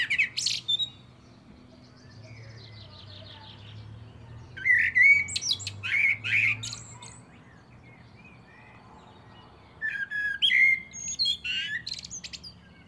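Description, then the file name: Common blackbird song phrases of warbled whistles and scratchy high squeaks, in bursts spaced several seconds apart, with a low background hum. "Turdus merula"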